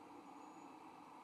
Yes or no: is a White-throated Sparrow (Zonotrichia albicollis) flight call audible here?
no